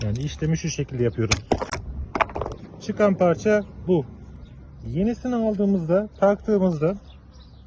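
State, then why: Not seated. A new friction pad for an AL-KO trailer stabilizer coupling is handled, about to be fitted from below into the recess the old pad came out of. Someone talks throughout, with a few short knocks and handling sounds around 1.6–2.5 seconds. Nothing has seated yet.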